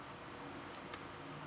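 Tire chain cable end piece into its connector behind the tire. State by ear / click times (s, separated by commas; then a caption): seated / 0.9 s. While installing pewag Servo RS tire chains on a 2023 Hyundai Santa Cruz, someone reaches behind the tire, angles the metal end piece of the tire chain cable and pushes it into its connector. Over a steady background hiss, a faint tick at 0.8 s is followed by a sharper click at 0.9 s as the end piece seats in the connector.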